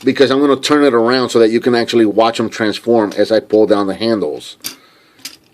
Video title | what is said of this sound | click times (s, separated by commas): Robots in Disguise 2015 One-Step Fixit Review! | and then as you can see he's not clipping in so what you're going to want to do here | none